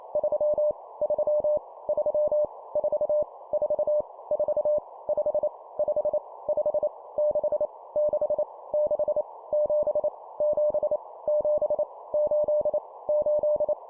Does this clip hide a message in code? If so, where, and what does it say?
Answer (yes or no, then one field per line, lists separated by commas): yes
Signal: Morse code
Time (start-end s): 0.2-13.7 s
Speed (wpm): 28 wpm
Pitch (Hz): 600 Hz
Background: none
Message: 3 3 3 4 4 4 5 5 5 6 6 6 7 7 7 8 8